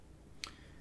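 The steel blade of an S&W Metalworks Go2 slipjoint pocket knife is closed, and a spring bar with a stud locks it into the closed detent in the handle. A single sharp click is heard at 0.4 s over quiet background noise, with the blade seated in the closed position.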